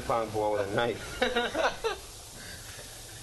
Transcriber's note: laughter